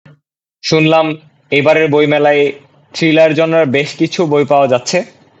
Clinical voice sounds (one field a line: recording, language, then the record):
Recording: elicited speech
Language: Bengali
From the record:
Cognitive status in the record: cognitively healthy